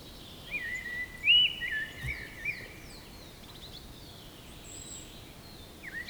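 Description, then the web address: Eurasian blackbird delivering a single rich, fluting phrase ending in thin chattering notes, then a new phrase starting at the end, against steady hiss and a faint high whistle. "linnut mustarastas"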